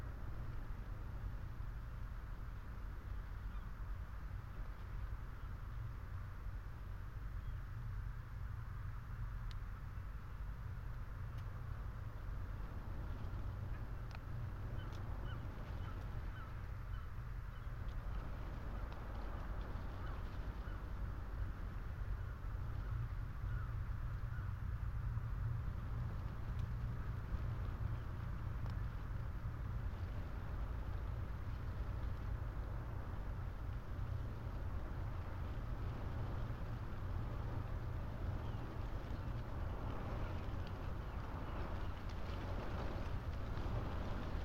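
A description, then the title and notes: Wind moves through telegraph wires over a steady, deep roar that holds the same level for the whole stretch, like distant sea or gusting air. Faint thin tones and a few light ticks come and go above it, especially in the first twenty seconds. Lone tree under windswept telegraph wires. The long line of them that stand along the Creel Path, on the east coast of Scotland. The tree, weather stunted and probably overlooked by almost all who stumble by on the rough stone track, holds and shelters the Lento microphones. When the air is still, the presence of the sea can clearly be heard.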